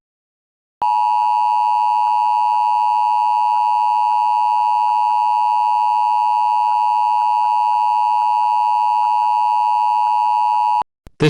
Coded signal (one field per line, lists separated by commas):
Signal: Emergency Alert System (SAME) tones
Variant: 853 and 960 Hz attention tone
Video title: TGC - An EAS Scenario